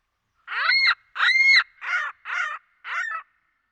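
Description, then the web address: Ring-billed gull calling, five harsh nasal squawks in quick succession, the first two longer and louder, the last three shorter, with silence between. Eastern North America. "Dan Gibson Wildlife Identification By Sound, Eastern North America Pt 2. Ring-Billed Gull"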